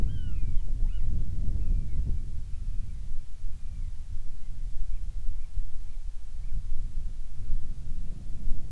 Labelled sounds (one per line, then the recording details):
bird
wind
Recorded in the Arctic National Wildlife Refuge, Alaska, on 10 July 2019 at 17:47
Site 44